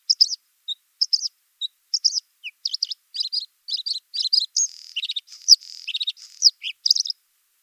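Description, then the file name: Bluethroat song of varied high chirps and twittering notes in quick, irregular bursts, with a brief buzzy note. "Luscinia svecica"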